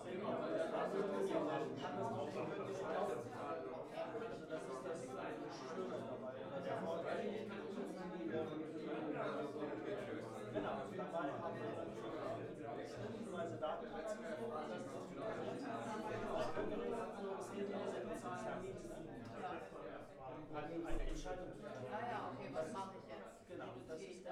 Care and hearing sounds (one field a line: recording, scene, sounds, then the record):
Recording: everyday scene through a hearing-aid microphone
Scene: many people talking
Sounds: many voices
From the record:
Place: bistro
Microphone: behind the ear, left, front